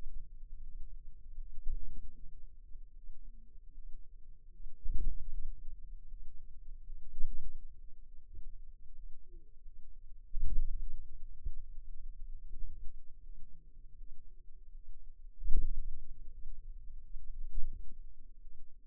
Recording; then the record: forearm muscle sounds (acoustic myography)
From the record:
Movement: ulnar deviation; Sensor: system 2, bracelet of six BSWA MPA416 microphones around the upper forearm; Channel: 6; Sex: female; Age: 23 years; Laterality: right